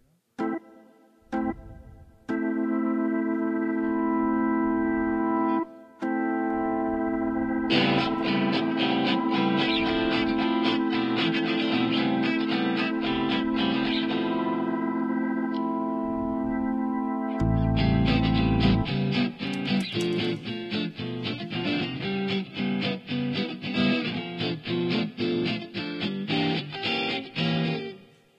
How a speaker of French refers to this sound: Depuis que j'ai changé de carte son. La réverb est là.